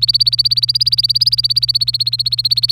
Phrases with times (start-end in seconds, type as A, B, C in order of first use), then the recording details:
0.00-2.71 A. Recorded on 25 April 2018 at 09:35. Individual llb3